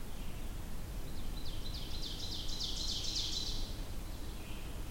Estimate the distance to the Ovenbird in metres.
about 75 m